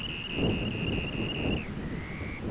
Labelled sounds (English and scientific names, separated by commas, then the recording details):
Dunlin (Calidris alpina)
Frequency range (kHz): Dunlin (Calidris alpina) 0.9-3.7 kHz
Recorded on Arctic tundra, site ZACK-1, on 16 June 2019
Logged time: 07:49